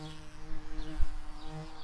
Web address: Hypnorum queens